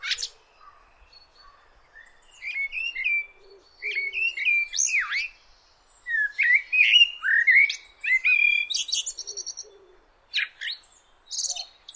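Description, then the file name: Common blackbird song: fluty warbled phrases and thin high twittering notes, with short pauses between phrases. "Turdus merula"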